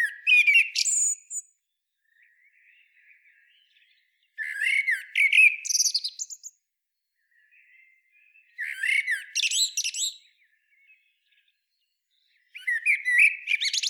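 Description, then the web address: Common blackbird song: four phrases roughly every four seconds. Each one is mellow, fluted warbling topped with high, squeaky twitters. "SETE data Turdus merula"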